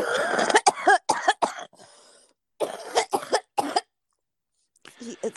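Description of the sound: Two bouts of rapid, harsh, repeated coughs from an adult woman heard over the phone, with a faint voice afterward.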